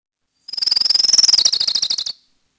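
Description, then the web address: Orange-crowned Warbler giving a high, rapid trill of about one and a half seconds that slows slightly and drops in pitch at the end; no other sounds. "Peterson North American Birds. ocwa"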